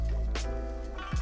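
A locking mechanism on a bicycle component gives a second sharp release click at 0.4 s, and the part comes off. A steady low hum runs underneath, with a softer thump near the end of the clip.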